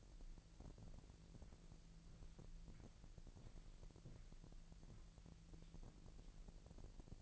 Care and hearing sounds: daily activity, microphone in the room; walk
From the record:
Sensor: 5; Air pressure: 1002.2 hPa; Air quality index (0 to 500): 240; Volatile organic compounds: 26 ppm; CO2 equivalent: 2874 ppm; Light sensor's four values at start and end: 31/74/31/33 and 31/74/31/34

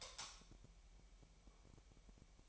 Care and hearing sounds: daily activity, microphone in the room; light off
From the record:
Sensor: 1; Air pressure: 1001.9 hPa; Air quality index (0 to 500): 245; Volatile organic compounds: 49 ppm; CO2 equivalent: 3284 ppm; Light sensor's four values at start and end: 14/43/17/18 and 5/11/4/5

